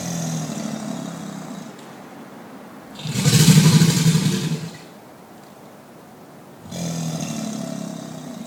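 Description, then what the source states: American alligator bellows: deep, rumbling low roars in three bouts, the middle one loudest with a rough, hissing burst, separated by quieter pauses. Alligators bellowing at Calusa Nature Center.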